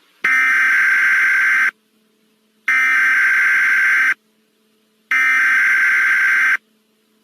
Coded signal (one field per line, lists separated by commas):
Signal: Emergency Alert System (SAME) tones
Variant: header bursts